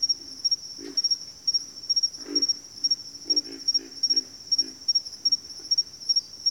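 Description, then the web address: Pig frog giving deep grunts, singly and then in a quick run, against a continuous high, throbbing insect trill. Pig frogs calling in a bayou. "Echoes of Nature - Bayou Pig Frogs"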